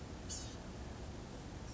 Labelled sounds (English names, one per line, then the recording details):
Blue-gray Gnatcatcher
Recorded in Sonoma County, California